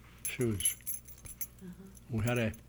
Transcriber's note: the sound of keys jingling is heard on the tape